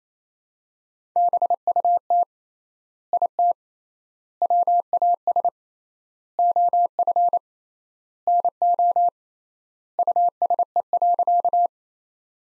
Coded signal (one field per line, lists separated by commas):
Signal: Morse code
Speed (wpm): 28 wpm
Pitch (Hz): 700 Hz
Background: none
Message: BUT IT WAS OF NO USE.